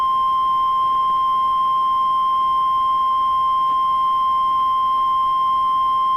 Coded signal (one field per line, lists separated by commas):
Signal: Emergency Alert System (SAME) tones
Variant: 1050 Hz attention tone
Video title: Severe Thunderstorm Warning (MS and TN) (4/2/25) [EAS #114]